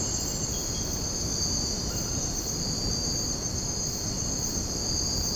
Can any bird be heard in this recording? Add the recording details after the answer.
no. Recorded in secondary vegetation near Puerto Asís, Putumayo, Colombia, on 13 March 2025 at 03:00. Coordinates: 0.481, -76.318. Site G097